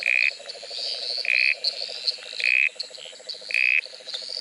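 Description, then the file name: Dusky gungan giving brief rasping notes about once a second, each clipped and even, set against steady insect trills and faint chirps. "uperoleia fusca"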